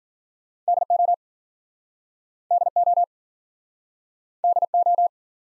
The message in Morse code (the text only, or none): DO DO DO